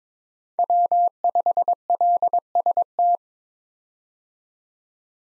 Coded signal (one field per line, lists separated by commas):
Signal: Morse code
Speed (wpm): 22 wpm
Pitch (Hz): 700 Hz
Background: none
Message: W5LST